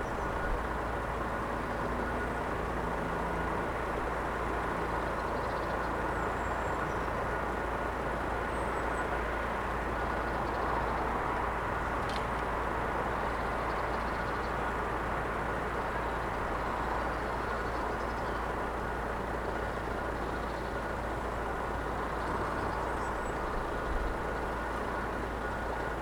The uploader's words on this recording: Christmas day morning. Captured in a quite city suburb early on Christmas morning.